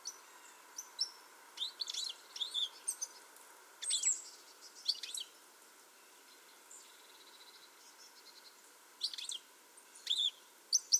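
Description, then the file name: European goldfinch calls: short, bright, high chirps in scattered bursts, with pauses between groups and a faint steady hum underneath. "Carduelis carduelis"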